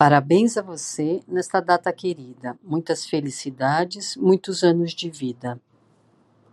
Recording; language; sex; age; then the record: short text; Brazilian Portuguese; female; 50 to 59 years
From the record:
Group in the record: control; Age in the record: 56 years